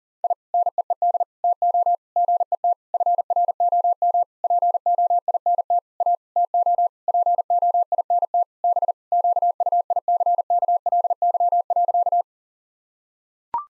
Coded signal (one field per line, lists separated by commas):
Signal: Morse code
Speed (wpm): 40 wpm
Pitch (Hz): 700 Hz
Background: none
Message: I NEED TO GET FROM POINT A TO POINT B QUICKLY.